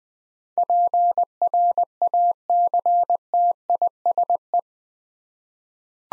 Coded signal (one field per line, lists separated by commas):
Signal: Morse code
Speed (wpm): 21 wpm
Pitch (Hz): 700 Hz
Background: none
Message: PRACTISE